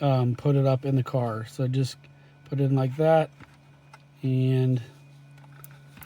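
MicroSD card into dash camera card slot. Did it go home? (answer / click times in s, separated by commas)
yes / 5.6 s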